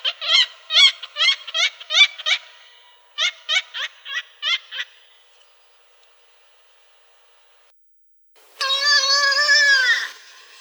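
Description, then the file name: Pomarine skua uttering rapid, harsh, nasal notes in two runs, followed by a long, drawn-out wailing call with a slight downward bend. "Pomornik srednij"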